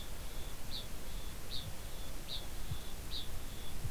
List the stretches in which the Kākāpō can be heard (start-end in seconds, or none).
0.00-3.91